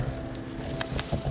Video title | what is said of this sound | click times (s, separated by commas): Lives of Inspiration Episode 1: How it All Started | so you hear the click it tells you the legs locked on can't be taken off now | 0.8 s